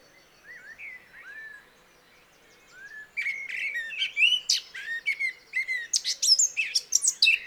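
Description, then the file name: Eurasian blackcap song, soft whistles at first, then a loud, fast scratchy warble from about three seconds onward. "Sylvia atricapilla"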